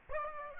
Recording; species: mosquito wingbeat signal from an infrared sensor; Aedes aegypti